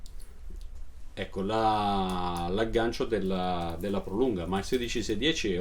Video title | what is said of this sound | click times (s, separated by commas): 14° Weekly Qn'A PUNTATA INTERNAZIONALE Collezione con 10K€ - G.P. Laureato-TAG solar ,Etc.. | poi lo chiude ti fai a chiudere l'orologio adesso qua sentirete se non sbaglio ecco l'aggancio | 0.1 s